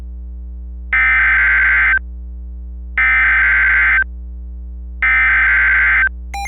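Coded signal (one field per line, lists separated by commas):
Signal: Emergency Alert System (SAME) tones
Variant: header bursts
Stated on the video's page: Mock waterspout alert, simulated and made with EAS tools software on Linux.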